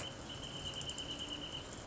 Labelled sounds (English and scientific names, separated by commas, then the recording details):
Wrentit (Chamaea fasciata)
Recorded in Sonoma County, California